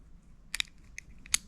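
A crimped terminal on the positive rear driver-side speaker wire is pushed into a plastic stereo harness connector during a Pioneer stereo install in an SN95 Mustang GT. A few sharp plastic ticks sound around 0.6 s and 1.0 s, then a crisp click at 1.3 s as the pin seats in the connector.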